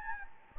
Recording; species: mosquito wingbeat signal from an infrared sensor; Anopheles gambiae